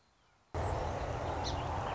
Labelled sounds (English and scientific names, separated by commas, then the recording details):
Song Sparrow (Melospiza melodia)
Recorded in Sonoma County, California